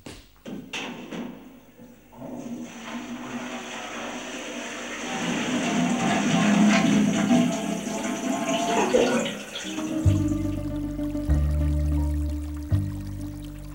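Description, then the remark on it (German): Steady rushing river water flows for about ten seconds, swelling gradually in the middle, before low sustained humming tones take over the last few seconds. “Ein Fluss, der muss fließen wie Zeit, mal schmal und schnell, mal mächtig und breit.”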